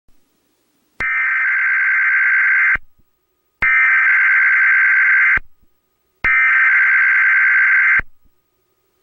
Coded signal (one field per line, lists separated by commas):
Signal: Emergency Alert System (SAME) tones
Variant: header bursts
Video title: Emergency Alert System Tsunami Warning For Northern And Central CA 3/11/2011, But I Edited It